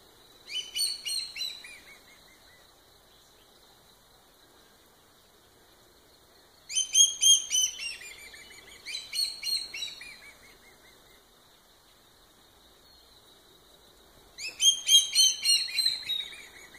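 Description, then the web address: Common black hawk giving several bouts of quick, ringing piping whistles with short drooping notes, separated by quiet gaps with faint high hiss. Call, in southeast Arizona. "common black hawk in se az"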